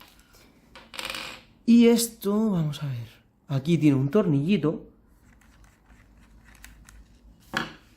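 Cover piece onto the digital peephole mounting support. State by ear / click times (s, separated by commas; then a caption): seated / 7.6 s. A cover piece is pressed onto the mounting support of an AYR 756 digital door peephole during installation while someone talks. After some light handling sounds, a sharp click at 7.6 s marks the cover seating onto the support.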